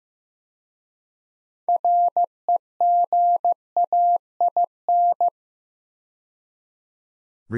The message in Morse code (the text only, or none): REGAIN